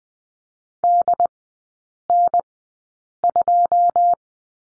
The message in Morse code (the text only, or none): DN2